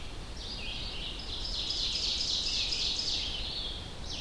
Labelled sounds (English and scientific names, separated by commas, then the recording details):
Ovenbird (Seiurus aurocapilla) song
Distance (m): 40 m
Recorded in boreal forest in Alberta, Canada, on 25 June 2016 at 07:44
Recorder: SongMeter 3, array SBT-6-76
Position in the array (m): 13 m, 108 m
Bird 2